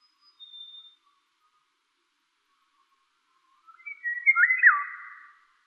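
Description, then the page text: Eurasian golden oriole song: a thin high whistle at first, then after a pause one mellow, fluty phrase with a quick rise and fall. "Krzysiek Deoniziak - Обыкновенная иволга (Oriolus oriolus)"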